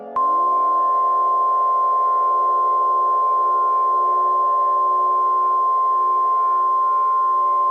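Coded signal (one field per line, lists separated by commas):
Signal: Emergency Alert System (SAME) tones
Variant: 1050 Hz attention tone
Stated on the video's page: Simulated EAS alert, a fictional fire weather outbreak scenario.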